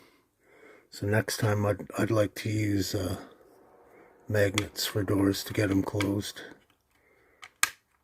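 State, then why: Seated. The hinged plastic door of a Monogram 1955 Ford F100 restorod scale model pickup truck is closed into its body opening. Someone talks first, then a sharp click at 7.6 s marks the door snapping shut into place.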